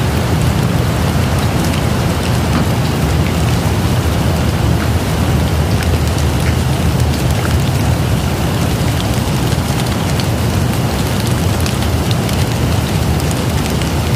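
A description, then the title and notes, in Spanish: Steady background rain falls without pause, a dense even hiss with a heavy low rumble underneath. Scattered brighter drips and taps pop out here and there against the wash, and the overall level holds constant from start to finish. 2 Horas Lluvia de Fondo para Dormir.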